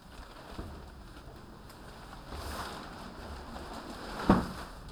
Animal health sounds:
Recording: poultry house recording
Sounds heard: no chicken sound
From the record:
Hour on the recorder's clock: 10

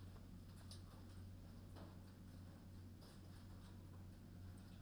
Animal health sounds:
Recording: poultry house recording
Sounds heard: no chicken sound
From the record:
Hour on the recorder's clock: 21

